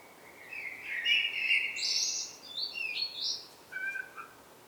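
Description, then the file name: Common blackbird sings a low fluting warble that breaks into several squeaky, high twittering notes, followed by a couple of short softer notes. "Turdus merula"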